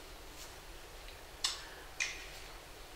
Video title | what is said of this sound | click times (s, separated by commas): Unboxing Story Episode 1 La SWITCH | Voilà, le petit clic. | 1.4 s, 2.0 s